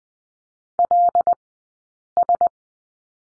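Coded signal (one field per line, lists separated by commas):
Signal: Morse code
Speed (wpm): 20 wpm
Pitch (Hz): 700 Hz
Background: none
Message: LS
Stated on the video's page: Morse code lesson drill on the number 6, two characters, sent with Farnsworth spacing at 20/10 wpm.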